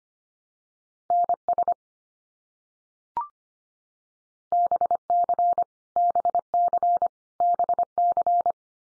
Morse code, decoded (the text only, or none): NS BC BC BC